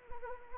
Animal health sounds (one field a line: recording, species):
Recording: mosquito wingbeat signal from an infrared sensor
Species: Anopheles arabiensis